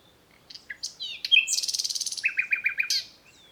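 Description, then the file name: Common nightingale song: a dense, varied phrase with clicks, whistled notes, a rattling high trill and a run of rapid repeated chirps. "Luscinia megarhynchos"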